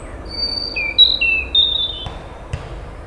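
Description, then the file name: European robin song: a slow series of clear, thin whistled notes stepping between high and mid pitch, then two faint clicks, with low background hum. "Erithacus rubecula"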